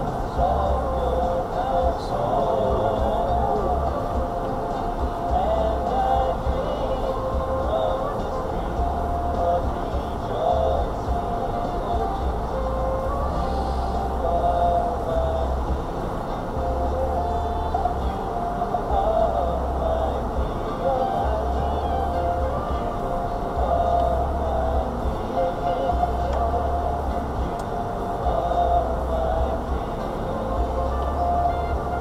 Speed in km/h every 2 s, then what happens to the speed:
2, 2, 2, 3, 2, 3, 3, 2, 2, 2, 2, 3, 2, 2, 2, 0.
0-5 standing. 5-13 steady at about 3. 13-32 standing.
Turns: none.